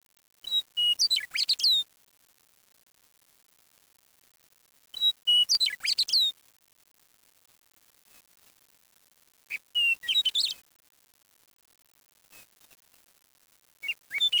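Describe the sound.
Bird song in short bursts: a quick jumble of high, sweet chirps and twittering notes, repeated about every four to five seconds with silence between.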